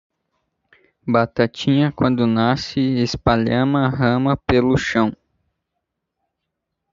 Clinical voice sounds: short text; Brazilian Portuguese; male; 18 to 19 years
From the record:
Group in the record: control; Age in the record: 19 years

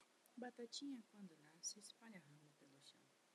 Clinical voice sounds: short text; Brazilian Portuguese; female; 30 to 39 years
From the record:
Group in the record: control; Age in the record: 38 years

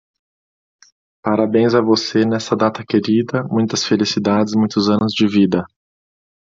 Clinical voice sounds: short text; Brazilian Portuguese; male; 40 to 49 years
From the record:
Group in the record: control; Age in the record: 41 years

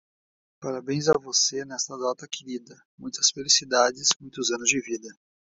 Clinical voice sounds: short text; Brazilian Portuguese; male; 30 to 39 years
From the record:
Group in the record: control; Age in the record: 34 years

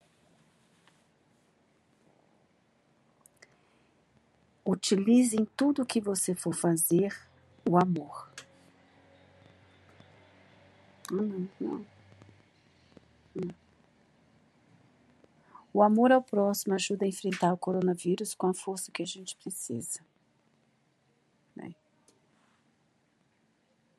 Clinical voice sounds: spoken sentence; Brazilian Portuguese; female; 50 to 59 years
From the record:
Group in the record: control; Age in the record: 56 years

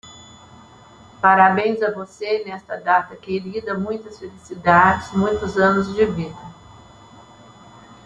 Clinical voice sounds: short text; Brazilian Portuguese; female; 70 to 79 years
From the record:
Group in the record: control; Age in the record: 71 years

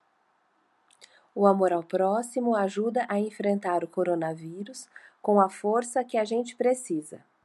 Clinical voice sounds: spoken sentence; Brazilian Portuguese; female; 40 to 49 years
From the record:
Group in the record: control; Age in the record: 44 years

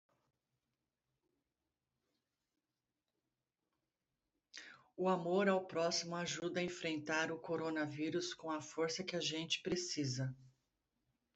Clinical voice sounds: spoken sentence; Brazilian Portuguese; female; 50 to 59 years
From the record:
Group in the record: control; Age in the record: 51 years

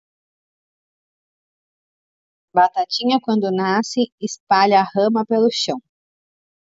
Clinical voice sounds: short text; Brazilian Portuguese; female; 30 to 39 years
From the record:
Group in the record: control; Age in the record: 39 years

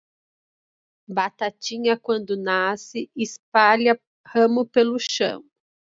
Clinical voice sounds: short text; Brazilian Portuguese; female; 40 to 49 years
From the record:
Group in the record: control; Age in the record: 44 years

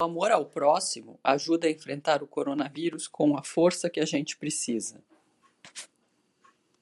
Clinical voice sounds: spoken sentence; Brazilian Portuguese; female; 40 to 49 years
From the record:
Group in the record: control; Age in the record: 46 years

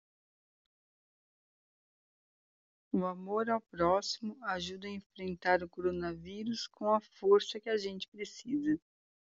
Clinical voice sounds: spoken sentence; Brazilian Portuguese; female; 40 to 49 years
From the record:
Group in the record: control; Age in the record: 48 years

